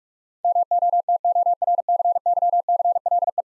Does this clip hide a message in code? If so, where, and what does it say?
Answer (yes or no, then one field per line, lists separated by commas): yes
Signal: Morse code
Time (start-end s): 0.4-3.4 s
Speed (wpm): 46 wpm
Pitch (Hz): 700 Hz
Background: none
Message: MOTORCYCLE